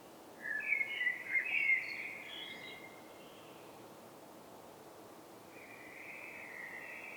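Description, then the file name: Common blackbird utters a short, rough, warbling phrase early on, followed by a quiet stretch and a fainter drawn-out note near the end, over constant background hiss. "Turdus merula"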